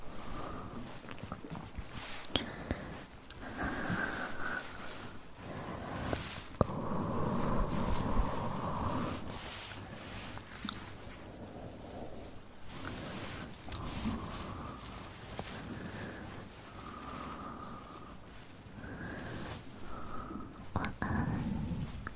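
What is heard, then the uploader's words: Breathy ear triggers: soft, airy breaths and muffled rustling fill the low range in steady, swelling waves. Short mid-pitched humming tones recur every few seconds, and sharp clicks break through around 2, 6.5 and 21 seconds. Ear Breathy Triggers.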